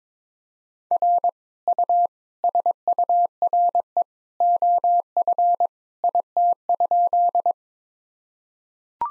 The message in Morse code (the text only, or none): R U SURE OF IT?